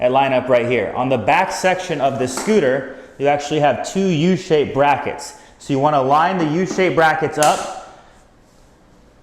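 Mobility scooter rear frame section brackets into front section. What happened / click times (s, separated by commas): Frame sections being lined up; no seating click yet / none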